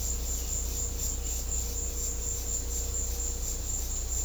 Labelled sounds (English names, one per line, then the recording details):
none
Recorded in secondary vegetation near Puerto Asís, Putumayo, Colombia, on 16 December 2024 at 16:30
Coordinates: 0.500, -76.326
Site G065